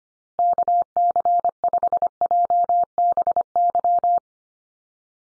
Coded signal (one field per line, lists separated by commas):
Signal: Morse code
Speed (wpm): 25 wpm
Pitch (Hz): 700 Hz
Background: none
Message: KC5JBY